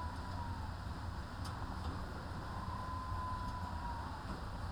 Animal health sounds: poultry house recording; healthy chickens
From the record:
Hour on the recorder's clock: 13

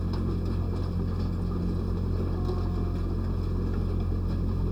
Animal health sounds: poultry house recording; sick chickens (respiratory disease)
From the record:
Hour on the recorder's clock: 3

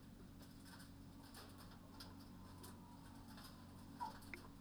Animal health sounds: poultry house recording; healthy chickens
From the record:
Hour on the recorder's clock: 21

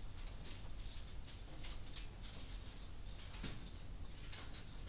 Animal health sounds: poultry house recording; no chicken sound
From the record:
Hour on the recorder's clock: 21

